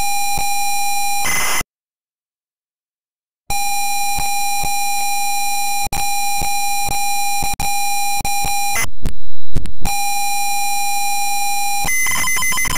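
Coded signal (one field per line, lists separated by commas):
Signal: ZX Spectrum tape loading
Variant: ZX Spectrum 48K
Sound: long steady buzzy lead tone, a silent pause, more lead tone, then brief harsh screeching data bursts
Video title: ZX Spectrum 48K - Space Raiders loading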